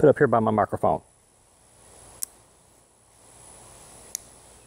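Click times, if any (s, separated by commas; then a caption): 2.2 s, 4.2 s. Someone talks briefly, then a metal flashlight head is rotated near the microphone to change the light color, with a faint rubbing hiss as it turns. The Jetbeam WL20 1,000-lumen handheld flashlight's head snaps into its color-setting detent with a sharp, solid click at 2.2 s and again at 4.2 s, seating in each position.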